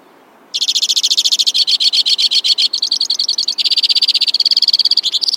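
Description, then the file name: White-winged crossbill singing a continuous chain of rapid trills, each section shifting in speed and pitch with no break. "suara-kicauan-burung-white-winged-crossbill 3-omkicau"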